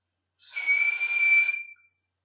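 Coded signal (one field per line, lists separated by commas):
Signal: whistled language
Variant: Silbo Gomero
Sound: a single sustained whistled note, rising very slightly, with airy breath noise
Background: breath hiss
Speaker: una vez hecho esto vamos a practicar con todas las letras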